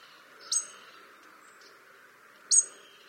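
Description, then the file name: European robin giving two crisp clicking ticks about two seconds apart, over steady background noise. "Erithacus rubecula"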